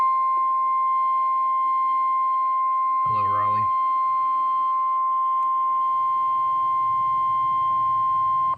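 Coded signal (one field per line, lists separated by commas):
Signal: Emergency Alert System (SAME) tones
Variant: 1050 Hz attention tone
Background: speech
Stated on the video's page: Real EAS alerts from an enhanced-risk severe weather event, including tornado warnings.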